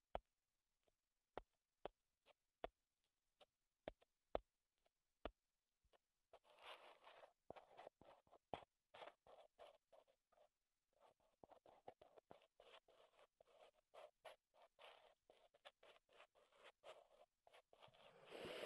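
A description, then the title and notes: Wooden tapping starts as sharp, evenly spaced knocks for six seconds, then turns into dense, busy scratching and rubbing with scattered clicks. ASMR Wood Triggers in Your Ears (No Talking).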